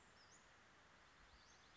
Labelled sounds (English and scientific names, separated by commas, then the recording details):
Western Flycatcher (Empidonax difficilis)
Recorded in Sonoma County, California